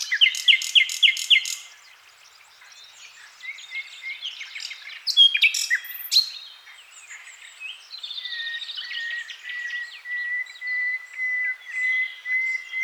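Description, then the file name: Common nightingale song: a fast series of repeated notes, assorted chirps and rattles, then several long, pure, level whistles repeated one after another. "Luscinia megarhynchos"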